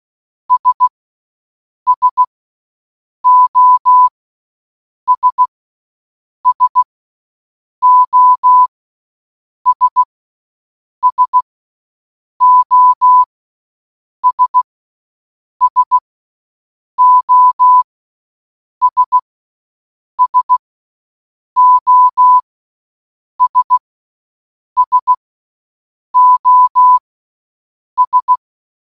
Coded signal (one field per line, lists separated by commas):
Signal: Morse code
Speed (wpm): 16 wpm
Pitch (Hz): 1000 Hz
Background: none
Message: S SOS SOS SOS SOS SOS SOS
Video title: 🔊🔊🔊 Listening To SOS For ONE HOUR In Morse Code Challenge 🔊🔊🔊